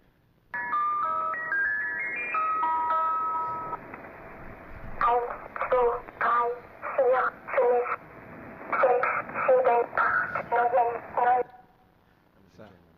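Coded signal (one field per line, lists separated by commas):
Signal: numbers station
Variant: Swedish Rhapsody, German girl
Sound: music-box chime melody, then a girl's voice reading about 12 short numbers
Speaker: This one's a bit more creepy. It's called the Swedish Rhapsody. So, yeah, little German girl rattling off spy numbers.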